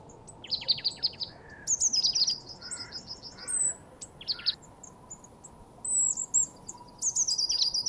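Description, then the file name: Marsh tit calls: repeated fast series of high, sharp notes, mixed with brief chips and a few fainter, lower notes. "Poecile palustris"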